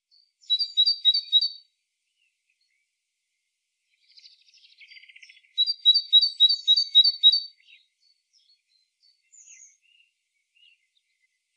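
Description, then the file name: Great tit singing clear high two-note phrases in quick repeated runs, separated by a few seconds of soft, scattered chips and buzzy notes. "Parus major"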